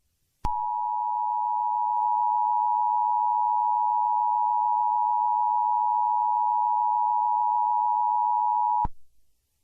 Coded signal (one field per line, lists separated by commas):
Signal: Emergency Alert System (SAME) tones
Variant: 853 and 960 Hz attention tone